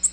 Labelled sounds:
Nashville Warbler (Leiothlypis ruficapilla) flight call

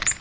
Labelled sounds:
Magnolia Warbler (Setophaga magnolia) flight call

